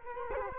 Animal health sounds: mosquito wingbeat signal from an infrared sensor; Culex quinquefasciatus

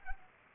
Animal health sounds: mosquito wingbeat signal from an infrared sensor; Culex pipiens

